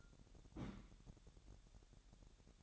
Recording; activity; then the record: daily activity, microphone in the room; place on stove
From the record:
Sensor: 3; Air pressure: 1012.0 hPa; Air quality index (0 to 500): 205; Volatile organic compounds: 3 ppm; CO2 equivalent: 1536 ppm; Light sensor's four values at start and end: 111/261/108/96 and 111/262/108/97